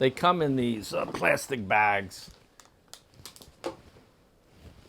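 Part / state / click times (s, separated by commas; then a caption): disposable wart tip into laser handpiece / not seated / none. Someone talks for about two seconds, then a needle-like disposable wart tip is taken out of its plastic bag and unwrapped, with soft crinkling and sharp little ticks from the packaging between about 2.6 and 3.7 seconds. The tip is being readied for fitting into a laser handpiece, and nothing has seated or clicked yet.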